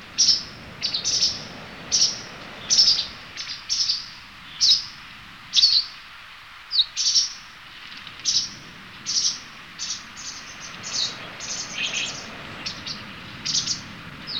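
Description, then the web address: White wagtail calls, high sharp chirps repeated roughly once a second throughout, some doubled, over a soft steady background hiss. Recorded 11 May 2018. "chikushishou bird watching club 2018 5 11 hakusekirei"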